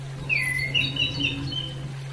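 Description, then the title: Bird song: one long whistled phrase, a falling slur followed by several quick rising notes, over a steady low hum. Bird chirping. "SuaraBurung Kicau"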